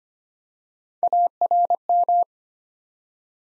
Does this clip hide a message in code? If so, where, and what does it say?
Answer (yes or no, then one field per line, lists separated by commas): yes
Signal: Morse code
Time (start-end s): 1.0-2.2 s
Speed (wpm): 25 wpm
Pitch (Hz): 700 Hz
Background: none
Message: ARM